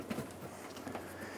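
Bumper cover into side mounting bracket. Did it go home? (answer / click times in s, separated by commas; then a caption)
no / none. A bumper cover on a 2011-2014 Hyundai Sonata is pushed into its side mounting bracket by the headlight, but the bracket is broken so it cannot click as it normally should. Only low, muffled handling and rubbing sounds are heard, with faint soft bumps near the start and around 0.9 seconds. Nothing has clicked or seated.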